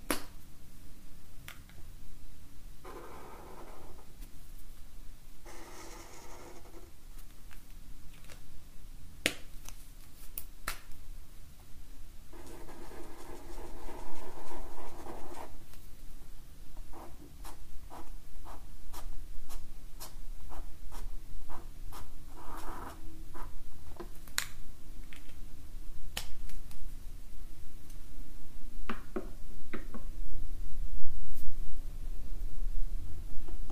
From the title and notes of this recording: Relaxing Drawing With Markers - Drawing, No-Talking, Paper & Pen Sounds. For this episode I took out my set of Zebra Mildliners to doodle with.